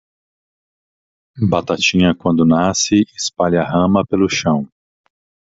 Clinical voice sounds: short text; Brazilian Portuguese; male; 50 to 59 years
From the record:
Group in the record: control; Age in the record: 53 years

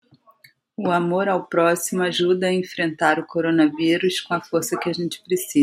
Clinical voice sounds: spoken sentence; Brazilian Portuguese; female; 30 to 39 years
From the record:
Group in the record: control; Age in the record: 38 years

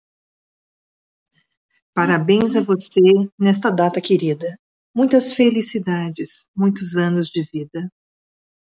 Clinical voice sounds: short text; Brazilian Portuguese; female; 50 to 59 years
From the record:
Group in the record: control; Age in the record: 55 years

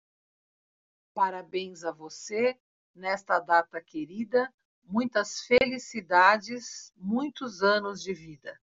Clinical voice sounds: short text; Brazilian Portuguese; female; 60 to 69 years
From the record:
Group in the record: control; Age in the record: 61 years

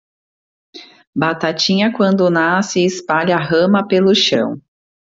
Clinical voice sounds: short text; Brazilian Portuguese; female; 30 to 39 years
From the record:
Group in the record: control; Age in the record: 35 years

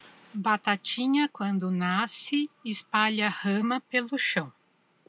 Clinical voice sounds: short text; Brazilian Portuguese; female; 40 to 49 years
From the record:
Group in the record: control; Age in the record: 49 years

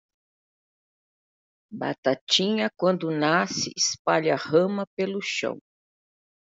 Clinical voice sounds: short text; Brazilian Portuguese; female; 70 to 79 years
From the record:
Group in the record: control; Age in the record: 70 years

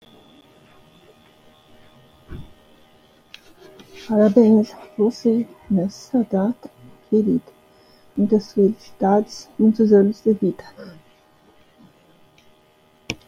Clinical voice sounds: short text; Brazilian Portuguese; female; 60 to 69 years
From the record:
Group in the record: control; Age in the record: 62 years

